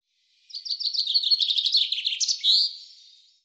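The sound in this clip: Common chaffinch delivering one song phrase: rapid trilled notes tumbling downward, then an accented final flourish.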